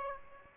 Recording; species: mosquito wingbeat signal from an infrared sensor; Aedes aegypti